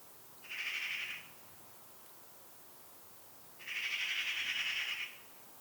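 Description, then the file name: Eurasian magpie giving a pair of rough, grating chatter bursts, the second longer than the first, with a quiet gap of about two seconds between them. "Pica pica"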